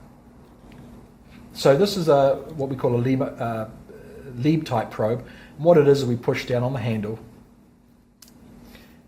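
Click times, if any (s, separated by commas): 8.2 s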